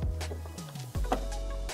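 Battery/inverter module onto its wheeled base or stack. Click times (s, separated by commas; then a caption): 1.1 s. A battery/inverter module of an EcoFlow DELTA Pro Ultra home backup power station is fitted onto its wheeled base or stack and pushed down until it locks. A low, steady hum runs under a soft thud near 1.0 s, followed by a sharp click at 1.1 s and another brief knock near 1.7 s. The module clicks into place and is seated smoothly.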